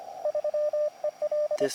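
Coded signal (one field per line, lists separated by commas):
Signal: Morse code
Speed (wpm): 25 wpm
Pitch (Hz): 600 Hz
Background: radio noise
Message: 3EL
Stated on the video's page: QRP CW from an Elecraft KX2 with a Packtenna antenna, operated from inside a tent in a backyard as a camping test.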